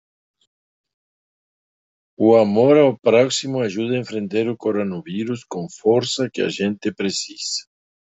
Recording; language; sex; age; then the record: spoken sentence; Brazilian Portuguese; male; 60 to 69 years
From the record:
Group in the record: control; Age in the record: 61 years